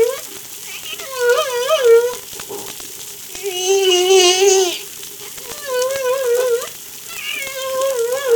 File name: Humpback Darewin La Reunion Jul 03 2013